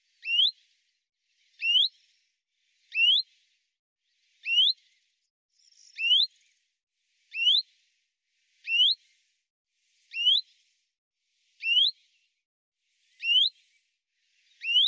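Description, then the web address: Common chaffinch repeating a brief upslurred call, steady, roughly every one and a half seconds, many times, against silence. "Deverinetal 2025 File cleaned normalized Bird Fr Co"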